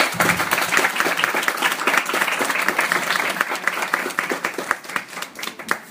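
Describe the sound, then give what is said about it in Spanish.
Sustained applause from a crowd welcoming a guest appearing as Death, dense overlapping claps forming a steady loud wash for about six seconds, thinning slightly toward the end into more distinct individual claps. “Y poquito a poquito, damas y caballeros, un fuerte aplauso para Death, que nos acompaña el día de hoy.”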